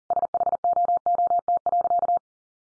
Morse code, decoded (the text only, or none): SHOOT.